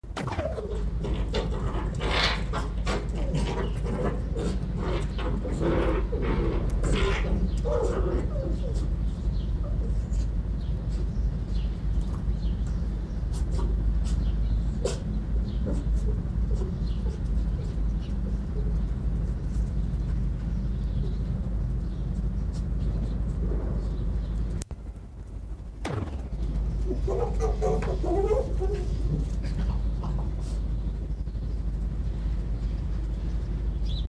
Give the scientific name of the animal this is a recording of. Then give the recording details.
Vulpes lagopus. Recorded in captivity. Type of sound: grumble. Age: adult. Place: Zoologisches Institut der HUB, Berlin, DE. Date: 1957-03-23. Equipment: Elmetra. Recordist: Tembrock, Günter. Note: Fuchsanlage: zweimal Knätschlaute, am Ende etwas stoßend (nicht beobachtet)